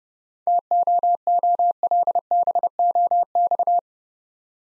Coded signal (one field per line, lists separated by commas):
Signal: Morse code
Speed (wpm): 30 wpm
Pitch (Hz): 700 Hz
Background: none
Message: TOOLBOX